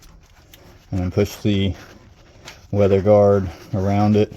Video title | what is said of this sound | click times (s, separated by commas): Toyota Tundra Alternator Replacement | get it back up there in the position and then push it until you hear it click. | 0.5 s